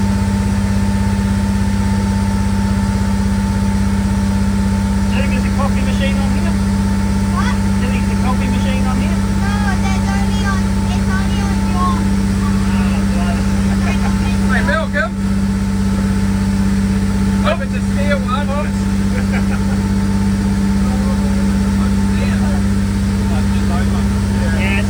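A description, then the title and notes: A fishing boat's engine drones steadily on the lake, a deep, even hum with a fixed whining tone riding above it. Indistinct voices talk on and off over the motor throughout, and the level barely changes, with only a brief dip around the fifteen-second mark. Fishing boat on Lake Rotomanu.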